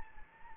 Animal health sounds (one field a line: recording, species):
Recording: mosquito wingbeat signal from an infrared sensor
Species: Anopheles gambiae